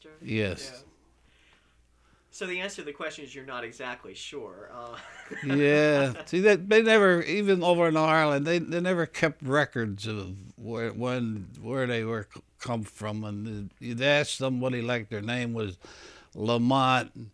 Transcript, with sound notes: Yes.
Yes.
So the answer to the question is you're not exactly sure. (he laughs)
Yeah. See, they never, even over in Ireland, they never kept records of where, when, where they were, come from and, they asked somebody, like their name was Lamont.